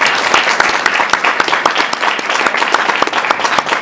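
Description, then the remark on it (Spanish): An audience applauds steadily for a few seconds to welcome the La Paz press representative of the APLT at a human rights event, many hands clapping at once in a dense, even patter with sharp individual claps popping out, fairly loud and without any talking. “representante de la APLT, un aplauso por favor.”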